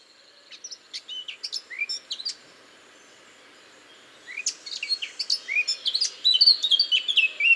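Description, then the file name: Eurasian blackcap song: two bursts of quick, varied warbling with squeaky and fluty notes, separated by a two-second pause, the second burst louder and richer. "Sylvia atricapilla"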